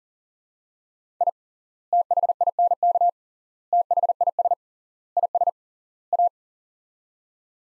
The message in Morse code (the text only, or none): I THINK THIS IS A